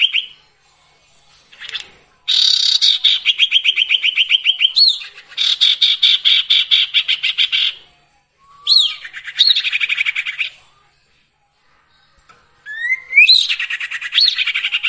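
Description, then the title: Sirtu song: long, fast rattling trills of high, buzzy notes in several phrases, with rising whistles and brief silences between them. Training song for songbirds featuring the full variety of sirtu song phrases. "Masteran Sirtu Full Variasi"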